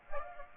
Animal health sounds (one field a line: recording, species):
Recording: mosquito wingbeat signal from an infrared sensor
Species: Aedes aegypti